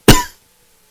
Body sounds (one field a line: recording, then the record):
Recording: coughing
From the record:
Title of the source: Coughing 51